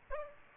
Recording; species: mosquito wingbeat signal from an infrared sensor; Aedes aegypti